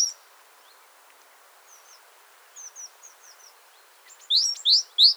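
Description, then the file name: Great tit calls: a few faint high thin notes, then three loud, sharp high-pitched notes in quick succession near the end, over quiet background hiss. "Parus major"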